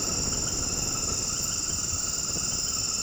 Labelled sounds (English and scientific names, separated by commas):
none